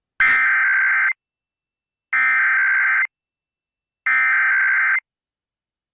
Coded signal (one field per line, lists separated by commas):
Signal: Emergency Alert System (SAME) tones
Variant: header bursts